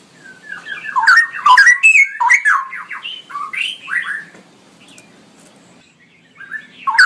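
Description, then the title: Straw-headed bulbul song: a loud rush of liquid, gurgling whistles and sliding notes, dropping to near silence before a fresh phrase starts at the end. Male singing persistently with a loud voice and long rolling phrases; masteran recording for training other birds. "GILEEE Cucak ROWO Jantan GACOR Suara Lantang ROoo EL Panjang"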